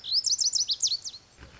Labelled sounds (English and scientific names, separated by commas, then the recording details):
Lazuli Bunting (Passerina amoena)
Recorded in Sonoma County, California